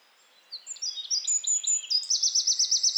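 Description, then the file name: Eurasian wren song: a rush of high, sharp notes that settles into a quick, evenly repeated trill. "Troglodytes troglodytes"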